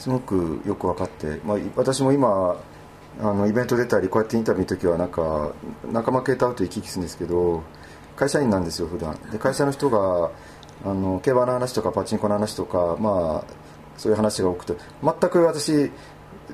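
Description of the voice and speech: An adult man speaks Japanese conversationally in an interview, at a low, steady pitch with clear articulation and natural pauses between phrases. Fluent, ordinary speech with normal voice quality.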